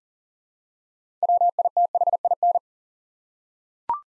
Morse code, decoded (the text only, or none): WITHIN